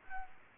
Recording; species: mosquito wingbeat signal from an infrared sensor; Aedes albopictus